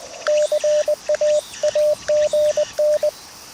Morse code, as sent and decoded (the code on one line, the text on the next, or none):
-.-. .- .- --. -.
CAAGN